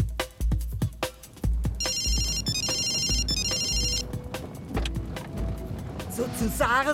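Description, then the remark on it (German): A mobile phone rings with a bright, repeating electronic melody in short high-pitched bursts, playing over low rumbling background noise and occasional knocks. “Nimm dein Griffel vom Handy, du gehst da nicht mehr ran.”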